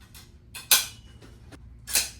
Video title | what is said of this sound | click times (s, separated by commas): This 4K Golf Simulator Enclosure Setup is INSANE! - Subscriber GIVEAWAY! | And that will click into the number 4, | 0.7 s